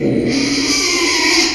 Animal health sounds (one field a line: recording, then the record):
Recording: squeal of a Yucatan mini pig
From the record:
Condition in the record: after surgery on the right vocal fold (resection and tissue-engineered implant)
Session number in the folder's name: 2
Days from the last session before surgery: 13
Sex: male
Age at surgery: 12 weeks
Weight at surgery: 13 kg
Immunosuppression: cyclosporine, prednisolone